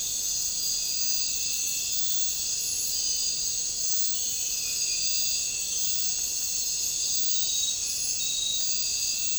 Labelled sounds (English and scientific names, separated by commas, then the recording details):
none
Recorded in dense forest near Puerto Asís, Putumayo, Colombia, on 9 March 2025 at 03:00
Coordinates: 0.467, -76.328
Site G041